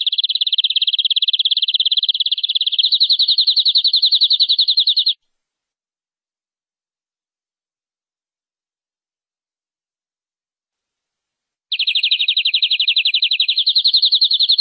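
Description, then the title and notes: Canary rolling trills, long and continuous with a slight step up in pitch, a quiet pause, then another extended trill. "BM Suara Kenari. BM Suara Burung Kenari"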